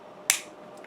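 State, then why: Seated. A whole section of a plastic transforming toy robot is rotated down during the change to robot mode, so that its little tabs go into slots on the inside. A sharp, bright snap is heard at 0.3 s, followed by a faint tick near 0.8 s. The section clicks into place.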